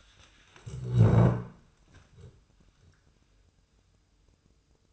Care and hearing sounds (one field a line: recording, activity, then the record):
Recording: daily activity, microphone in the room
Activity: stand up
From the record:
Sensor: 2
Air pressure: 1005.0 hPa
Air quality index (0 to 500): 102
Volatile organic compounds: 2 ppm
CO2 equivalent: 1234 ppm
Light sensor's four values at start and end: 7/17/7/7 and 7/17/7/7